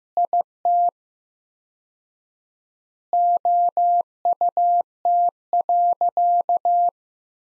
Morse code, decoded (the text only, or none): IT OUT.